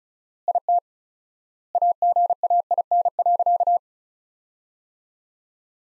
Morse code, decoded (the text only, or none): IT AGAIN.